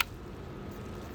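The long keyboard ribbon cable of a Dell Inspiron 3542 laptop is pressed into its connector on the motherboard, producing one sharp click at 0.0 s. Only a low, steady background hum follows for the rest of the clip. The connector seats, and the keyboard is connected.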